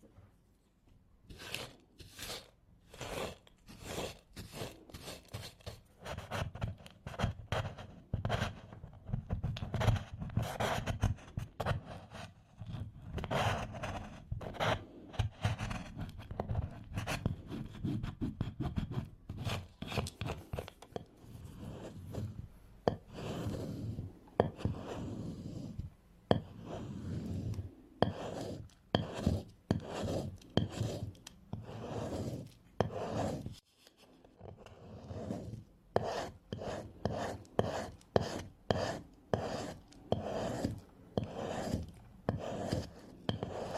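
Candle wax is scraped off in quick, rasping strokes, a dense run of scratchy bursts repeating every fraction of a second for the whole stretch. A low rubbing rumble sits under the brighter grating edges, with a brief pause near 34 seconds.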